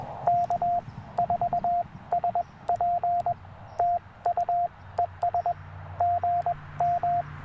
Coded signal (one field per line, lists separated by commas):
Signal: Morse code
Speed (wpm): 20 wpm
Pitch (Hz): 690 Hz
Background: radio noise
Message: K4SP TU ES GM